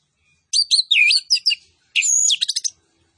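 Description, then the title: Orange-headed thrush song: two bursts of loud, rapid whistled and chattering phrases, sweeping and twisting in pitch, separated by a short pause; no other sounds. Lively song with full fill-in phrases, including cililin-style 'tembakan' bursts. "Anis Kembang Gacor. MASTERAN ANIS KEMBANG ISIAN FULL DENGAN TEMBAKAN CILILIN"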